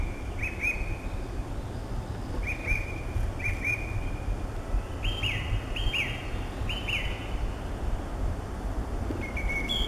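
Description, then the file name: Song thrush song: clear whistled phrases around mid-high pitch, each given twice in quick succession, over steady low rumbling background noise. Recorded 23 April 2015. "Pevchij drozd - 23 04 2015"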